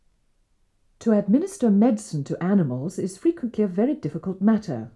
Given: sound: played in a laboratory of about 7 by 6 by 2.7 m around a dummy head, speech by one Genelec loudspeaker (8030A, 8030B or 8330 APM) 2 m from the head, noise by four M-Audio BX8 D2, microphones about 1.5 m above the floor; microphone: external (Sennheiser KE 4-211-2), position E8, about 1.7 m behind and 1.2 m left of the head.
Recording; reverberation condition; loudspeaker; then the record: female speech in English; low; 150 degrees to the left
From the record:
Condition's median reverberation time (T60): about 310 ms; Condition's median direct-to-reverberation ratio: about 3.5 dB